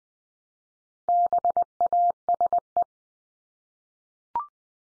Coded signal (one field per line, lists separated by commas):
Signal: Morse code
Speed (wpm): 20 wpm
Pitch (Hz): 700 Hz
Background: none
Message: BASE